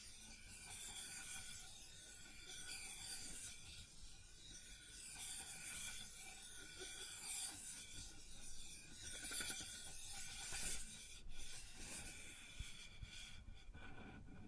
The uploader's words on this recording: ASMR Sounds on Wooden Surface (No Talking).